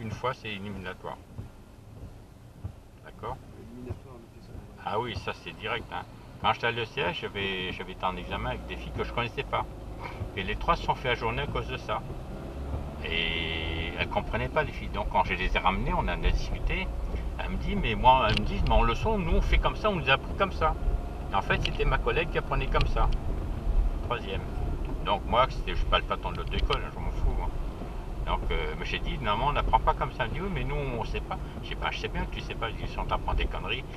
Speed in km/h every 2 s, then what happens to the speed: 0, 0, 0, 0, 5, 15, 22, 24, 29, 34, 37, 39, 39, 38, 39, 39, 38.
0-7 standing. 7-20 pulls away to 37. 20-34 steady at about 39.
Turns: none.